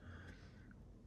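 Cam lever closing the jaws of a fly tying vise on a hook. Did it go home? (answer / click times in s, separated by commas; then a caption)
no / none. The cam lever of a Stonfo Fly Lab fly tying vise is brought down to clamp a hook in the jaws while the vise tip is held. A low, steady background rumble is heard, with a faint, brief tick at about 0.7 s. The lever has not yet snapped closed and nothing has seated.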